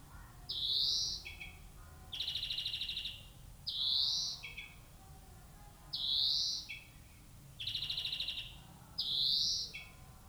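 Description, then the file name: European greenfinch giving drawn-out rising wheezes mixed with rapid buzzy trills, about six phrases in ten seconds, with brief lower notes after some wheezes. "Chloris chloris"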